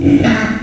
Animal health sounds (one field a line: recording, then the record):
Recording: squeal of a Yucatan mini pig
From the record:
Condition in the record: after surgery on the right vocal fold (resection and tissue-engineered implant)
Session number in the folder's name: 1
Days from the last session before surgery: 13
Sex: female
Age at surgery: 19 weeks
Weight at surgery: 25 kg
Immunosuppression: prednisolone